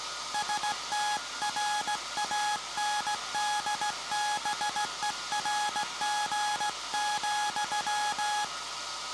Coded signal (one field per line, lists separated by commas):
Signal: Morse code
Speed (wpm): 17 wpm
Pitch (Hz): 840 Hz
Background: none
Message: STRANDBERG,